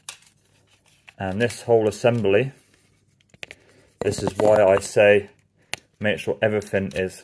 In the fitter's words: click that will open up